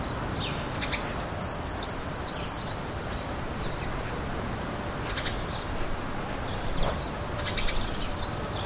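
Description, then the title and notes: Great tit song, several bright paired notes in quick succession, then quiet background with faint chirps. Great tit's spring call. "Hummel Und Kohlmeise. Audioaufnahme einer Hummel +dem "Frühlingsruf der Kohlmeise""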